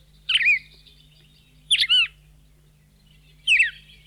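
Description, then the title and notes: Red-crested cardinal sings three brief, bright slurred whistles spaced roughly one and a half seconds apart, crisp and abrupt, over a quiet low hum. Near Bahía Blanca, Argentina; local birds probably descended from escaped cage birds. "Museo de Ciencias de Bahía Blanca. Cardenal (Paroaria coronata) Los cardenales comunes que se hallan en la zona de Bahía Blanca se han originado probablemente de ejemplares escapados de jaula"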